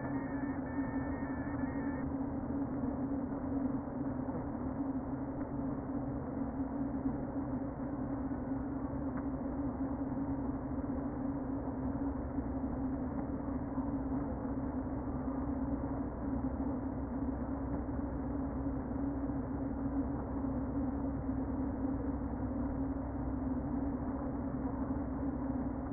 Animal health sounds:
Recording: honeybee colony, microphone inside the hive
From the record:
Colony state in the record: queen present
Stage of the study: before two queens were removed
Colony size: about 60,000 bees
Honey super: yes

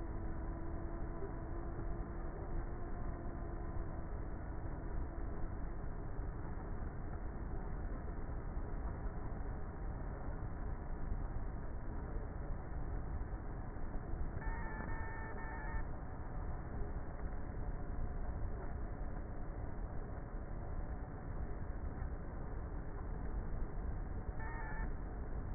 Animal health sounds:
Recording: honeybee colony, microphone inside the hive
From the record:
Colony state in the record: queenless with a low population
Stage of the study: before two queens were removed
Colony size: about 30,000 bees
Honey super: no

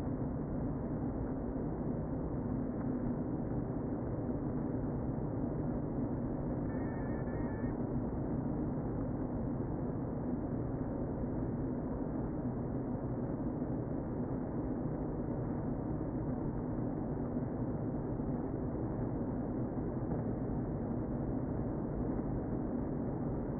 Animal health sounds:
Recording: honeybee colony, microphone inside the hive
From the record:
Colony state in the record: queen present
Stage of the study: before two queens were removed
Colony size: about 60,000 bees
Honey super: yes

